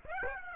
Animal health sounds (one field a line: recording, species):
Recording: mosquito wingbeat signal from an infrared sensor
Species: Aedes aegypti